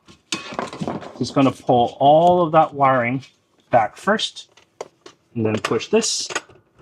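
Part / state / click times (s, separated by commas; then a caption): child car seat rigid lower-anchor connectors onto the vehicle rear-seat lower anchors / not seated / none. Someone talks while handling a child car seat's rigid lower-anchor (LATCH) connectors, getting ready to push them onto the lower anchors of a 2025 Polestar 3's rear seat. Brief handling knocks and taps are heard around 0.3 s and 4.8 s between the speech. The connectors have not clicked onto the anchors yet.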